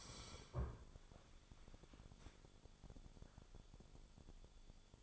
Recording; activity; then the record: daily activity, microphone in the room; sit down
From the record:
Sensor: 5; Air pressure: 1015.3 hPa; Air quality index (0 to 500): 174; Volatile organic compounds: 6 ppm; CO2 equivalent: 1892 ppm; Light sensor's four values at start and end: 36/83/33/32 and 36/83/33/32